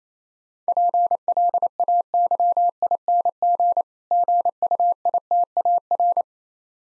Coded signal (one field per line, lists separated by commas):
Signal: Morse code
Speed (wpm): 29 wpm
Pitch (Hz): 700 Hz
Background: none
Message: PLAYING GUITAR